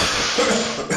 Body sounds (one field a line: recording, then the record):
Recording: coughing mixed with background sound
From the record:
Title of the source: Wet Throat Infection Cough